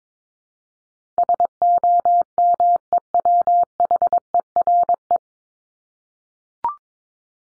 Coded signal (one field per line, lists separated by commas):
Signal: Morse code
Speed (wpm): 22 wpm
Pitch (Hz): 700 Hz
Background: none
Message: SOMEWHERE